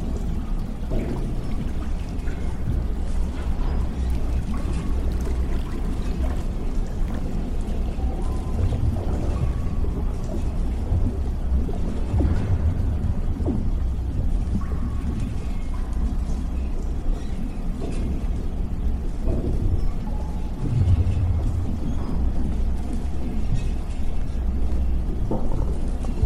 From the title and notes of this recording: Warning!! you are in the damaged underwater lab. Sci-fi ambience.